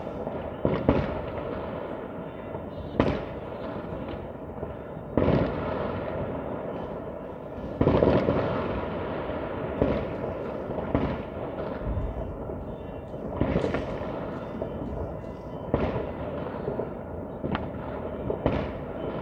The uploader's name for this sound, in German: Silvesternacht: Feuerwerk und Freude